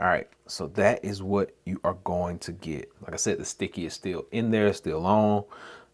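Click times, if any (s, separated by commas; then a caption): none. A plastic S Pen stylus is being handled toward the holder on the back of an iBlason Galaxy Z Fold 4 phone case while someone talks throughout. Nothing has seated or clicked yet.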